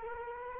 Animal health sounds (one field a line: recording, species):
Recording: mosquito wingbeat signal from an infrared sensor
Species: Culex quinquefasciatus